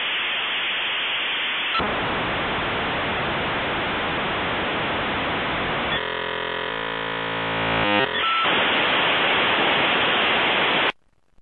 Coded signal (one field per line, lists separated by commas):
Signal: dial-up modem handshake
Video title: Dial-Up Sound for 10 Hours